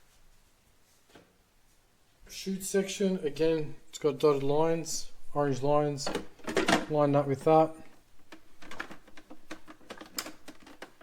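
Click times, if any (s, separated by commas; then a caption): 10.2 s. Someone talks while the plastic chute section of a MOD Appliances cold press juicer is lined up with the juicer body by its orange lines and turned clockwise, with a few faint handling taps from about 8.7 s. It twist-locks into place with a sharp click at 10.2 s, seated.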